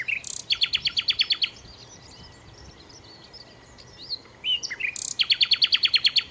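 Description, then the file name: Common nightingale song with fast rattling series of repeated notes at start and end, separated by a pause filled with soft bird twittering. "Nachtigall"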